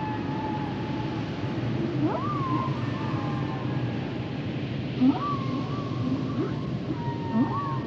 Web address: Natures Songs Whale Songs Whales and Dolphins - whale nature sounds songs